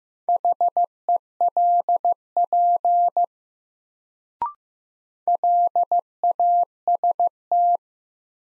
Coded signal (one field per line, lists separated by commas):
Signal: Morse code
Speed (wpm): 15 wpm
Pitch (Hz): 700 Hz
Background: none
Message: HELP LAST